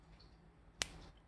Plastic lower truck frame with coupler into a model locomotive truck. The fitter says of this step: that snap right there was a last